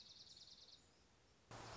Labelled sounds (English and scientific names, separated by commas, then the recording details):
Dark-eyed Junco (Junco hyemalis)
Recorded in Sonoma County, California